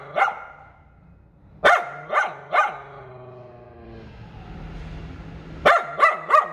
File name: Tieng cho poodle sua